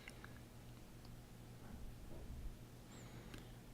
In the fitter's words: well there's always that little click that you always wonder if you snapped it off or if it just broke loose so that one worked well